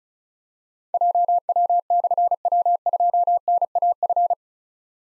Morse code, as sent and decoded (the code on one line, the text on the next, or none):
.--- .-- -..-. .-- ..--- -. .- ..-.
JW/W2NAF